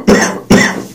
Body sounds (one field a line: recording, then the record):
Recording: coughing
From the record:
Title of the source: Spring Cold Coughing 3